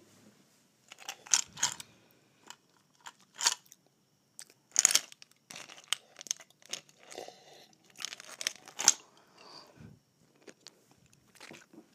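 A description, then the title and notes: Someone sucks and bites on ice, with short bursts of bright crunching and crackling scattered irregularly through the clip. The loudest bites land near five and nine seconds. Between them come quieter wet clicks and slurps, with near-silent gaps. ASMR Sucking and Biting Ice.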